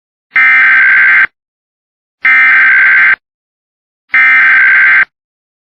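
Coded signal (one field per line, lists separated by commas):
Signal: Emergency Alert System (SAME) tones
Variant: header bursts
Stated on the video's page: Recreation mock of a Texas statewide Amber Alert using valid EAS tones, including an FM broadcast station variant.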